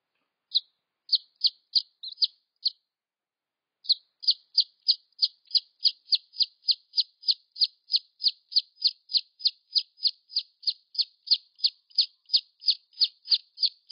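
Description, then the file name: Red junglefowl chick peeps: a few high notes, a brief pause, then a long, regular stream of shrill falling peeps about three per second. "tieng ga rung keu tieng ga con"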